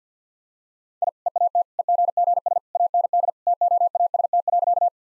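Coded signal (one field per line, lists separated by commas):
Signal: Morse code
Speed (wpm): 50 wpm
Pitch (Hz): 700 Hz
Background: none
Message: I EAT EGGS AND TOAST.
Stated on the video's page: Morse practice of easy sentences with contextual hints at 50 wpm.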